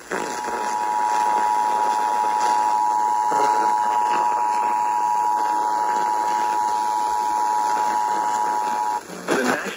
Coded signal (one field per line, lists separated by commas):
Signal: Emergency Alert System (SAME) tones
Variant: 853 and 960 Hz attention tone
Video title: EAS #462 Severe Thunderstorm Warning